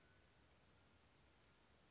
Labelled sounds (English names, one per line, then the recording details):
Western Flycatcher
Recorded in Sonoma County, California